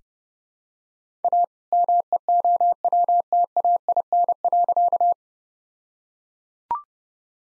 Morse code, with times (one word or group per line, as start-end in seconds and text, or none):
1.2-1.4 A
1.7-5.1 MEOWTAIN.